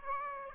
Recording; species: mosquito wingbeat signal from an infrared sensor; Aedes aegypti